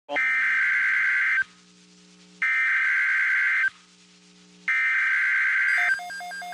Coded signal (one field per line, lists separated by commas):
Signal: Emergency Alert System (SAME) tones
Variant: header bursts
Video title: EAS 1447 (Tornado Watch #4)